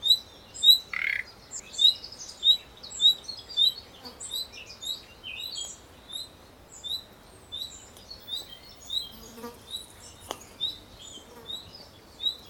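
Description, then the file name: Common nightingale giving many high notes in quick succession, louder at first, then weaker as the series softens. "Luscinia megarhynchos"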